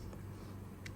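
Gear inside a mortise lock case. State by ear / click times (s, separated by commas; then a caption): seated / 0.9 s. A repairer pushes a gear into a metal mortise lock body, holds it, and eases it back slightly until it snaps into position. A faint tick at 0.1 s is followed by a sharp, short click at 0.9 s over a steady low hum. The gear is seated in place.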